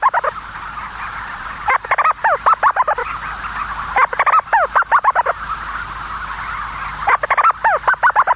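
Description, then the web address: Storm petrel uttering three rapid series of hooked, nasal notes over a steady background hiss. "sikioto. umitsubame"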